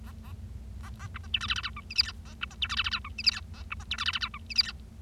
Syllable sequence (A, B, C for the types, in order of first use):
A A A A B C D E F F G H I J K A B C D E F F G H I J K A B C D E F F G H I J K